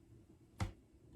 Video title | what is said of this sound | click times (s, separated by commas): 2018 iPad Pro Owners: DONT BUY THE 2020 before watching this video! | See how it just locks into place? | 0.6 s